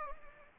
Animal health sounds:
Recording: mosquito wingbeat signal from an infrared sensor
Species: Anopheles gambiae

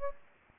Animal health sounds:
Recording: mosquito wingbeat signal from an infrared sensor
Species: Aedes aegypti

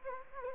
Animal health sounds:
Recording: mosquito wingbeat signal from an infrared sensor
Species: Anopheles gambiae

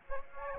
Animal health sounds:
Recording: mosquito wingbeat signal from an infrared sensor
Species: Aedes aegypti

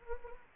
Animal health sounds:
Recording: mosquito wingbeat signal from an infrared sensor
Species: Anopheles gambiae

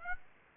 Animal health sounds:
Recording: mosquito wingbeat signal from an infrared sensor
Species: Aedes aegypti

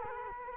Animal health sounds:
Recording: mosquito wingbeat signal from an infrared sensor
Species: Culex quinquefasciatus

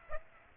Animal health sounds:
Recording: mosquito wingbeat signal from an infrared sensor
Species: Aedes aegypti

